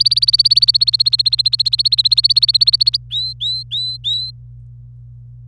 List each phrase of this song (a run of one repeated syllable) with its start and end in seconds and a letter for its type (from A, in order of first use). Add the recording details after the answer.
0.00-2.97 A, 3.10-4.31 B. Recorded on 26 April 2018 at 06:11. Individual llb3